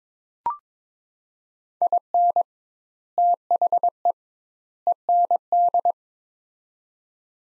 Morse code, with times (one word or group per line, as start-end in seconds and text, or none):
1.8-2.4 IN
3.2-4.1 THE
4.9-5.9 END